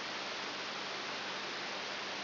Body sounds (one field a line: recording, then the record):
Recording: brain microelectrode recording played as sound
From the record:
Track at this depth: outside the subthalamic nucleus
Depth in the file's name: 8 mm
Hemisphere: left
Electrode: 3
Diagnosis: Parkinson's disease